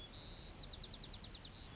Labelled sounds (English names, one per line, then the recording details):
White-crowned Sparrow
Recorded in Sonoma County, California